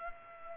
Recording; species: mosquito wingbeat signal from an infrared sensor; Culex pipiens